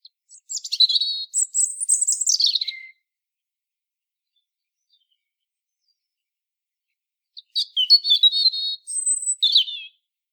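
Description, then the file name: European robin singing two separate high phrases of tinkling twitters and descending thin whistles, with about four and a half seconds of silence between them. "Erithacus rubecula"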